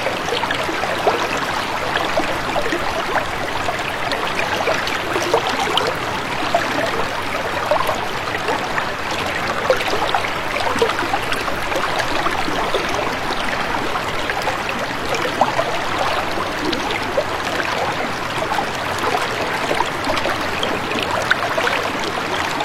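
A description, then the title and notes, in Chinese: Water flows through a mountain valley in a steady, dense rush, with countless small splashes and gurgles packed close together. The sound stays even from start to finish, bright, with no other sounds standing out. 石门乡山谷流水。声音都是我亲自去田野里录的。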